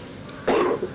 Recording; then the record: coughing mixed with background sound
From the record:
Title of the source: Coughing 77